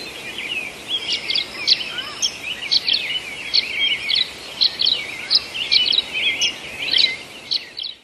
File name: tachycineta bicolor